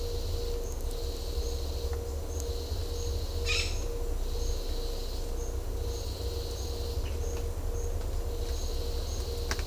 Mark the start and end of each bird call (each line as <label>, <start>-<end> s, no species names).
bird call, 3.43-3.69 s